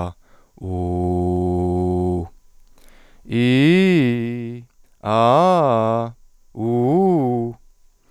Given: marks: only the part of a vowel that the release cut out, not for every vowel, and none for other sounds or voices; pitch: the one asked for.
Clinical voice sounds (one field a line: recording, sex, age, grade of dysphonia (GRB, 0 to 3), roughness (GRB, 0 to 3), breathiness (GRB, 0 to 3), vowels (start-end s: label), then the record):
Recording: sustained vowels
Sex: male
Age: 30 to 39 years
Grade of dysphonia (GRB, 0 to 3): 0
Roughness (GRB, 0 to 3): 0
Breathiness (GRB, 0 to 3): 0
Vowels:
0.73-2.16 s: vowel /u/, low pitch
3.36-4.51 s: vowel /i/, low-high-low pitch
5.10-6.00 s: vowel /a/, low-high-low pitch
6.62-7.45 s: vowel /u/, low-high-low pitch
From the record:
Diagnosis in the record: contact pachydermia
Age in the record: 31 years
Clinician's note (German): Kontaktpachydermie ohne "Kontaktpachydermie" bei Stimmberuf